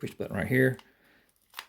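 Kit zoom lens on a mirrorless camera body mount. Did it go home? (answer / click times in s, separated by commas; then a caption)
released / 1.6 s. Someone talks as the lens release button on a Canon M50 mirrorless camera is pressed and its 15-45 kit zoom lens is twisted off the bayonet mount of the camera body. A few faint ticks follow, then a single sharp click at 1.6 s as the lens unlocks and is released from the mount.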